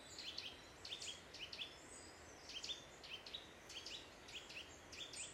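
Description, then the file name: Eurasian nuthatch calls, brisk high notes given in small groups of two or three, repeated throughout over constant background noise. "Sitta europaea"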